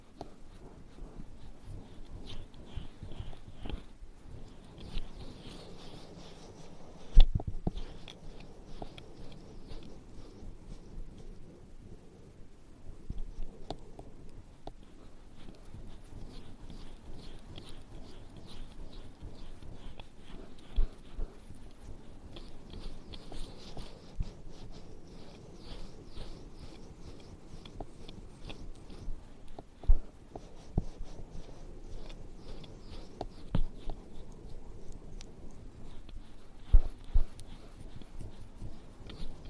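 Ear cleaning and ear massage make a steady, dense rustling and scratching that runs the whole time, mostly low and muffled with soft bright swishes above. Sharper taps and clicks stand out around 7, 14, 30 and 37 seconds, with brief quieter lulls near 12 seconds.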